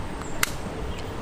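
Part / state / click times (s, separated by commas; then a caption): ball joint into mount socket / seated / 0.4 s. On a bike accessory mount, a ball joint is put through the nut and pushed into its plastic socket. After a faint tap at 0.2 s, a sharp, bright click at 0.4 s shows the ball joint snapping into the socket and seating.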